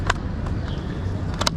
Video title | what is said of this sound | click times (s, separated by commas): The BEST COMMUTER SCOOTER under $600 - Turboant V8 Full Review | like so you want to make sure that this latch comes down and you hear that sort of like clicking sound | 1.4 s, 1.5 s